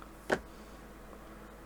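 A small plastic pin is pushed through a plastic crane part of a model ship kit until it comes all the way through. A single sharp click is heard at 0.3 s against a quiet background, and the pin is fully seated through the part.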